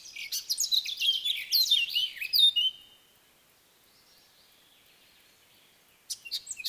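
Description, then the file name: Eurasian blackcap warbling busily for about three seconds, then near-silence with a faint thin note, before a brief burst of sharp chirps returns at the end. "Sylvia atricapilla"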